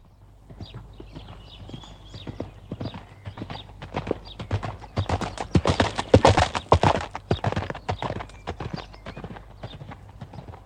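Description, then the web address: Horse cantering, rhythmic crunching hoof strikes on gravel, building louder toward the middle and then easing off again. Single horse cantering on gravel. "animals horses single horse cantering on gravel"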